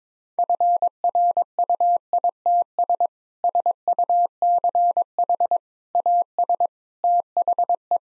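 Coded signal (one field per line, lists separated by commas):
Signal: Morse code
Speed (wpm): 22 wpm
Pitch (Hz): 700 Hz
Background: none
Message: FRUITS SUCH AS THE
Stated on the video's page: Morse practice at 22 wpm: sentences of common three-word phrases, sent, spoken, then sent again.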